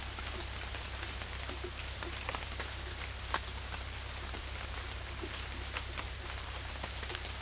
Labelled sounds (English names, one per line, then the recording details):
none
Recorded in dense forest near Puerto Asís, Putumayo, Colombia, on 18 February 2024 at 13:30
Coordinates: 0.487, -76.319
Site G6403